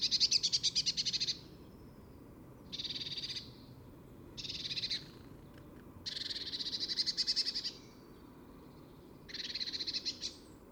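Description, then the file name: Eurasian blue tit churring: five scratchy, rapidly pulsed rattles, each about half a second to nearly two seconds long, spaced by quiet gaps, with faint low background hum throughout. "Cyanistes caeruleus"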